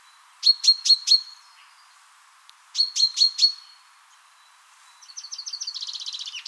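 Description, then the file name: Common chaffinch giving two quick bursts of four sharp, high chipping notes, followed by the opening of a rapid, rattling trill. "Fringilla coelebs"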